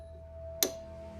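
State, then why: Seated. The main control box of a Spirit Halloween 2022 Dr. Illume animatronic is pushed down onto the tops of its leg poles, where the push-buttons lock it in place. A single sharp, bright click sounds at 0.6 s over a low steady hum and a faint tone. The box is seated on the legs.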